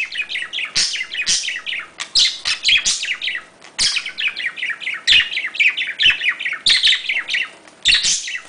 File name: Budgie Sounds